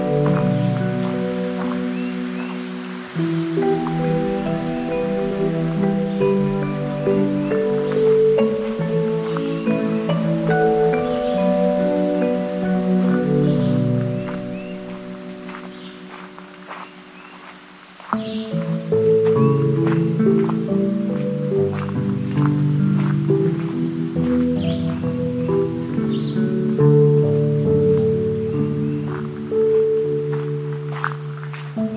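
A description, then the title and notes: A dense layer of low, droning tones along the Palm Hammock Trail at Merritt Island NWR in Florida, their pitches stepping and overlapping, with scattered ticks and clicks and a faint high whine. It fades around 15 seconds, then returns abruptly louder at 18. Today’s Soundwalk was taken April 8th 2022 along the Palm Hammock Trail at Merritt Island NWR in Florida. A palm hammock is an elevated plane in wetland environments where where Oaks, wild tamarind, cabbage palms, maple, and saw palmetto thrive.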